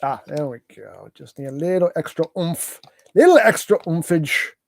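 A plastic gap-filler upgrade piece from Go Better Studio is pushed into a Studio Series '86 Wreck-Gar transforming robot toy figure while someone talks. Brief breaths and faint handling noises sit between the speech, and a small room tone is heard. The piece has not seated or clicked yet.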